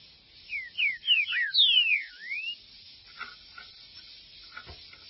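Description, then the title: Green-winged saltator singing a fast string of short downslurred whistles, a longer falling note and a rising swoop, followed by faint clicks and taps. "Trinca Ferro"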